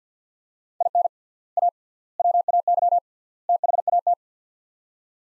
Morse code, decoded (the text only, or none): IN A WAY THAT